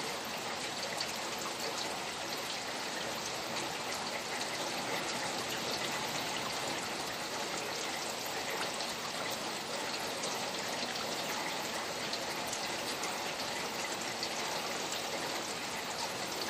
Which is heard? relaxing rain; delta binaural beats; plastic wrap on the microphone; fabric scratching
relaxing rain